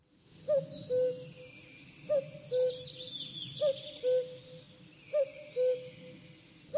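Bird repeating a low double hoot, quick rising first note and longer flat second note, about every one and a half seconds, over faint high-pitched background sounds.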